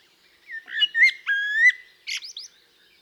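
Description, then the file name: Common blackbird song with steady, mellow whistled notes held briefly, then ending in a few sharp, high squeaky twitters. "Turdus merula"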